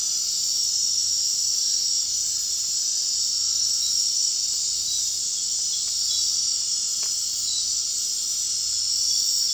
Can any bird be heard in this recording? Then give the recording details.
no. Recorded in dense forest near Puerto Asís, Putumayo, Colombia, on 21 March 2025 at 20:00. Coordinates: 0.499, -76.324. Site GP03